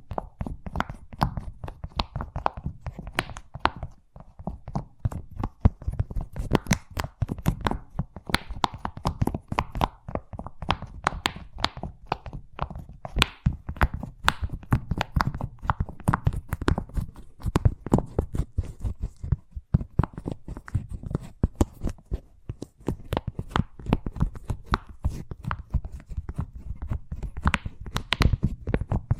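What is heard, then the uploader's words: Fast tapping runs throughout, a dense stream of sharp, dry clicks and knocks with no real pause. The taps come quick and slightly uneven, with a low thudding body under each hit and brief bursts of even quicker flurries, like fingers drumming or shuffling. ASMR Braingasm Inducing Fast Tapping (No Talking).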